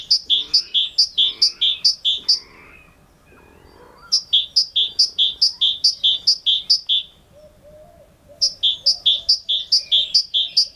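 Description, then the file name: Great tit singing bright see-saw double notes in quick succession. Three strophes with brief gaps between them, and faint lower chirps in the background. "Parus major"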